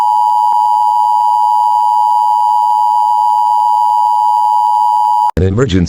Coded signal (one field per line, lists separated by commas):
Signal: Emergency Alert System (SAME) tones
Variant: 853 and 960 Hz attention tone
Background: speech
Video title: EAS Scenario #10 The Ultimate Deadly Virus